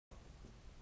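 An unnamed part of a training system unit is handled and pushed toward position, with a steady broadband rushing noise after a brief silence and a small sharp tick near the end. Nothing has seated or clicked into place yet.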